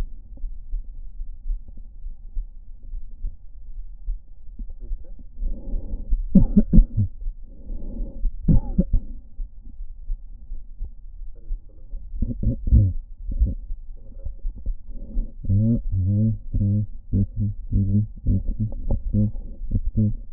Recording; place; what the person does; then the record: lung sounds by stethoscope; right anterior apical chest; quiet breathing, then cough and speech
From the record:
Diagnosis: none (healthy); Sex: male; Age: 29 years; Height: 180 cm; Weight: 100 kg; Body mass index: 30.9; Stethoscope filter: diaphragm mode